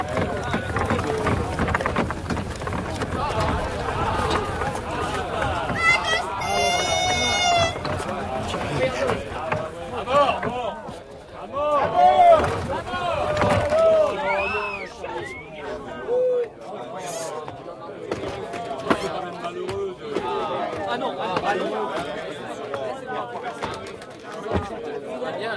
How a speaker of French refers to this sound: Voyez, la foule se sépare devant la voiture du condamné.